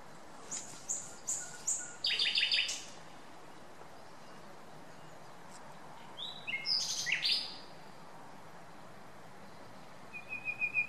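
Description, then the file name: Common nightingale singing several varied short phrases of sharp, high notes and rapid rattles, separated by pauses of a few seconds. "Luscinia megarhynchos"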